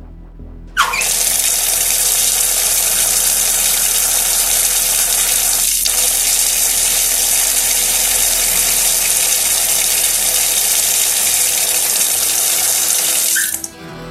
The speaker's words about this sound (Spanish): Entro en mi ducha inteligente, abro el grifo del agua caliente.